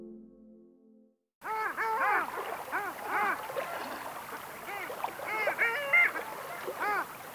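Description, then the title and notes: Long-tailed Duck flock calling after a short, low steady sound at the start: many arched, yodelling nasal notes rising and falling, overlapping in a busy chorus. "Alli."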